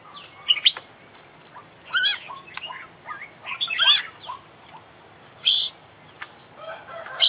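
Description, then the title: Oriental magpie-robin song, varied whistles and sharp chattering notes in irregular bursts over a steady background hiss. Competition bird described as an international champion, singing a full, complete set of fill-in phrases (isian). "KICAU KACER JUARA INTERNASIONAL FULL ISIAN KOMPLIT DURASI PANJANG"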